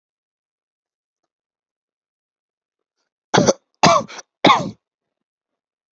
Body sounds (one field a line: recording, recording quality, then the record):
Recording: shallow voluntary cough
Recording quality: excellent, no background noise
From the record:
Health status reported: healthy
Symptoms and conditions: none ticked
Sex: male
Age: 40 years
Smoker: yes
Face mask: not worn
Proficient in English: yes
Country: India